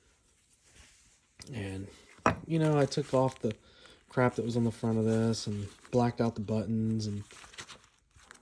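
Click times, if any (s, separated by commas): none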